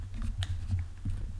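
A plastic Lamborghini Urus–style paddle-shifter button is slid along its track in a carbon steering wheel on an Audi S3, with soft scraping and faint clicks over a low hum. A sharp snap comes at 0.4 s as it snaps into place, but it is only partly seated and does not sit fully flush, with room left to push it in further.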